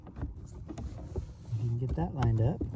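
The unhooked bottom of a plastic glovebox panel on a 2013 Toyota Corolla is handled and lined up with its lower hook toward the dashboard mount before being pushed home. Light taps and scrapes are heard near 0.1, 0.2, 0.7, 0.8 and 1.2 seconds while someone talks. Nothing has seated or clicked yet.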